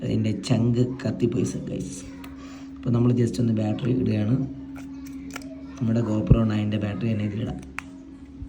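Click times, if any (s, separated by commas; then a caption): 7.8 s. A GoPro battery is put into an action camera and the battery door is closed while someone talks, with small handling taps near 5.4 seconds. A single sharp click at 7.8 seconds marks the battery door locking shut, confirming it is seated.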